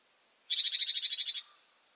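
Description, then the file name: Great tit gives a single buzzy rattle of about thirteen fast pulses lasting nearly a second, with quiet before and after. "Parus major"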